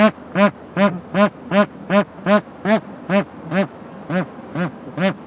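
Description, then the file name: Bar-headed goose honking, a steady series of nasal, arched notes repeated about two or three times a second throughout. "anser indicus"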